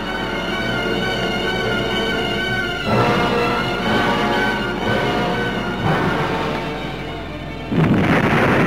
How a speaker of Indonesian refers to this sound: Lalu terdengarlah ledakan keras, dua kekuatan berbenturan.